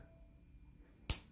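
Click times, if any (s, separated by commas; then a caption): 1.1 s. A small plastic slope piece is pushed into place facing backwards on a plastic brick building-set model. After about a second of quiet low hum, a single loud, sharp click sounds at 1.1 s and quickly fades. The piece is seated.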